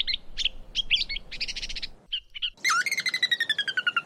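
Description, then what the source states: Lark singing fast warbled phrases and buzzy bursts, a short pause, then a long series of rapid descending notes repeated several times per second. Masteran tutor recording used for training songbirds.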